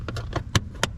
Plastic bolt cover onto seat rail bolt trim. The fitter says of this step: snap into place.